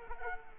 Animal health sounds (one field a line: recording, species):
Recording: mosquito wingbeat signal from an infrared sensor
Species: Culex quinquefasciatus